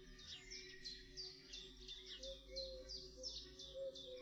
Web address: Przyroda Ptaki Mucholowka zalobna